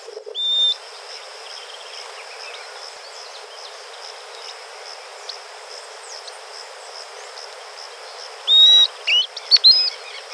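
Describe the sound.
Bird calls: a thin, level whistle at the start and a cluster of whistled notes near the end, over a steady hiss and a high, constant hum.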